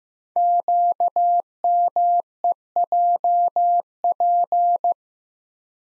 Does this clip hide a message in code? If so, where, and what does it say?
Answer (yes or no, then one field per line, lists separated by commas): yes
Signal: Morse code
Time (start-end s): 0.4-4.9 s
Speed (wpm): 15 wpm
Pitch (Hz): 700 Hz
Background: none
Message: QMEJP